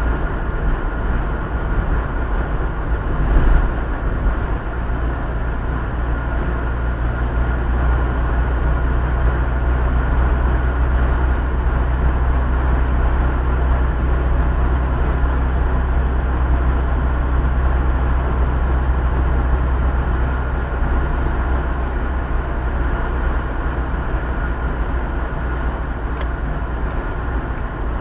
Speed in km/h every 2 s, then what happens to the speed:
47, 47, 47, 49, 50, 51, 52, 51, 52, 52, 50, 50, 49, 48.
0-28 steady at about 50.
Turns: none.